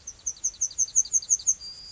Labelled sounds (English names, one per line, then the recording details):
Yellowhammer song
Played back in grassland
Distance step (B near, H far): D
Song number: 004